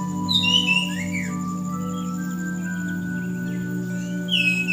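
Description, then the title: Bird song in short chirpy phrases, one at the start and another near the end, over a steady low droning hum. "SuaraBurung Kicau"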